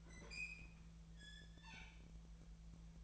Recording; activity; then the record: daily activity, microphone in the room; open fridge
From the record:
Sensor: 1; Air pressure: 1009.7 hPa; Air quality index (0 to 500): 191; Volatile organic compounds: 18 ppm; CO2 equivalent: 2614 ppm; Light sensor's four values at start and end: 33/85/36/43 and 33/85/35/43